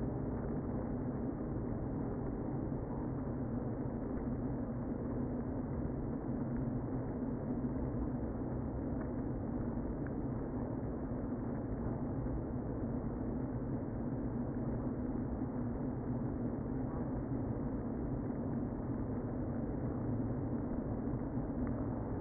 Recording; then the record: honeybee colony, microphone inside the hive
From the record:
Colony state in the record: queen present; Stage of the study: before two queens were removed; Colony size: about 60,000 bees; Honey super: yes